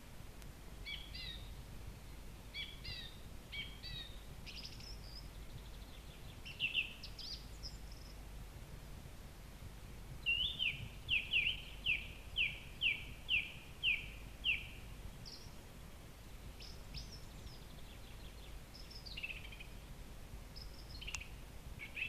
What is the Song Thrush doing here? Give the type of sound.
song